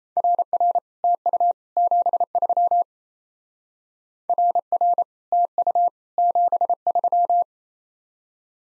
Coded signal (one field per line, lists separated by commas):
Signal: Morse code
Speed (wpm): 37 wpm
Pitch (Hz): 700 Hz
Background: none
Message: RR TU 73 RR TU 73